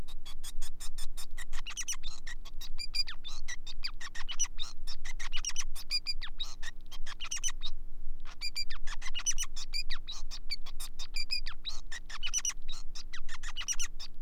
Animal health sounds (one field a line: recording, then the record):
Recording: song of a male Bengalese finch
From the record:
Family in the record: son of father 5